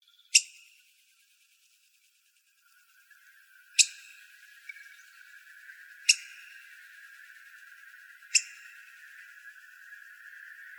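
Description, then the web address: Black-headed grosbeak giving sharp, squeaky pik notes, four spaced a few seconds apart, the later ones over a faint steady hiss. Calls, recorded in Arizona on 8 May 2005. "Grosbeaks Buntings. BHGR CALLS. deviche"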